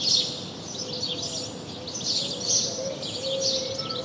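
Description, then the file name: House sparrow giving a run of bright, clustered chirps throughout, over a hissing background with a faint low steady tone. "Passer domesticus"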